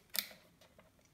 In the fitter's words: there's a click then you just untwist